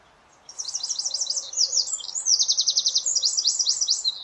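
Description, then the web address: Bird song of rapid high trills, strings of quick descending notes in several bursts, over faint low background hiss. "cianscape birddata Deverinetal 2025"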